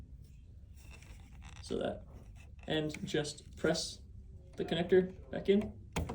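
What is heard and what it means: A keyed wire connector is lined up with the header on a needle plate sensor board so it can go in the only correct way, with faint scraping, rustling and small ticks of handling around 1.0 to 1.5 seconds while someone talks. Nothing has seated or clicked yet; the connector is only being oriented before it is pressed in.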